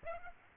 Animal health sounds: mosquito wingbeat signal from an infrared sensor; Aedes aegypti

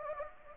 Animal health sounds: mosquito wingbeat signal from an infrared sensor; Anopheles gambiae

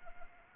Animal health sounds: mosquito wingbeat signal from an infrared sensor; Anopheles arabiensis

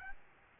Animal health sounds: mosquito wingbeat signal from an infrared sensor; Aedes albopictus

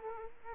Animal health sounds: mosquito wingbeat signal from an infrared sensor; Culex quinquefasciatus

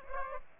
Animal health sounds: mosquito wingbeat signal from an infrared sensor; Aedes aegypti

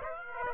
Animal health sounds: mosquito wingbeat signal from an infrared sensor; Aedes aegypti

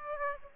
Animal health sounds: mosquito wingbeat signal from an infrared sensor; Aedes aegypti

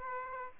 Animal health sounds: mosquito wingbeat signal from an infrared sensor; Aedes aegypti

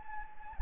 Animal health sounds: mosquito wingbeat signal from an infrared sensor; Anopheles gambiae

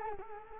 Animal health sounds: mosquito wingbeat signal from an infrared sensor; Culex quinquefasciatus

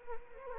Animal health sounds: mosquito wingbeat signal from an infrared sensor; Anopheles arabiensis

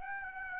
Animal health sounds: mosquito wingbeat signal from an infrared sensor; Aedes aegypti

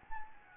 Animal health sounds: mosquito wingbeat signal from an infrared sensor; Anopheles gambiae

